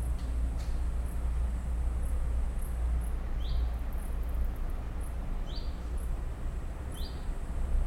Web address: el sonido de las aves con el ruido de la ciudad de fondo